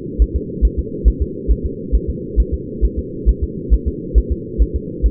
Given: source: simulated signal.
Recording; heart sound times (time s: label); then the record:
fetal heart sounds
0.22 s: S1
0.36 s: S2
0.65 s: S1
0.79 s: S2
1.08 s: S1
1.22 s: S2
1.51 s: S1
1.66 s: S2
1.95 s: S1
2.10 s: S2
2.40 s: S1
2.54 s: S2
2.85 s: S1
2.99 s: S2
3.29 s: S1
3.44 s: S2
3.74 s: S1
3.88 s: S2
4.18 s: S1
4.32 s: S2
4.62 s: S1
4.76 s: S2
5.06 s: S1
From the record:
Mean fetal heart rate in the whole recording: 135 bpm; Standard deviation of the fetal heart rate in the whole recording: 3 bpm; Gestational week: 34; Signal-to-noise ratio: -4.1 dB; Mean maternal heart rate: no maternal heart sound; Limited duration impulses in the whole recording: absent